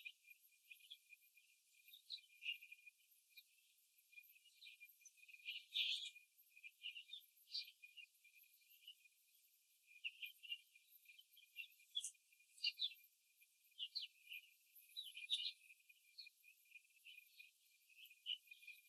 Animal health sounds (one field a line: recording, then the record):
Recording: young laying hens in a cage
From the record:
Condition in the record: before the stressor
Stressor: simulated dog barking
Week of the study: 3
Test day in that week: 1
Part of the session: 2